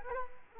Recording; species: mosquito wingbeat signal from an infrared sensor; Culex quinquefasciatus